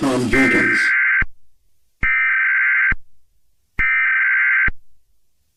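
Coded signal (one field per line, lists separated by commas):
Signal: Emergency Alert System (SAME) tones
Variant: header bursts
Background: speech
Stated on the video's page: Fictional EAS scenario containing valid tones, simulated alert.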